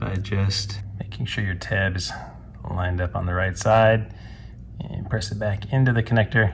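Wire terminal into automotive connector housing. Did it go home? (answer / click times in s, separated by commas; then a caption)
no / none. A crimped wire terminal, its locking tab lined up on the correct side, is being pushed back into the cavity of a plastic automotive connector housing while someone talks throughout. The terminal has not seated or snapped into place yet by the end of the clip.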